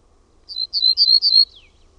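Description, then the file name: Ortolan bunting song: four clear high notes, each sliding downward, given in quick even succession, with a faint lower sweep at the end; quiet background. "PELTOSIRKKU"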